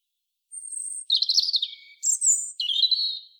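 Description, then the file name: European robin song: a high thin opening note, then scratchy warbled trills dropping in pitch, followed by two more high whistled segments, no other sounds. "Erithacus rubecula"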